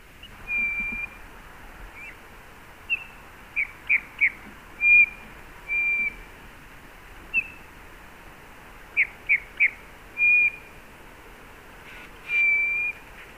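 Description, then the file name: Eurasian bullfinch calls: soft, pure whistled notes at one steady pitch, some drawn out, others short and clipped in quick pairs or triplets, spaced irregularly over quiet background hiss. "Pyrrhula pyrrhula"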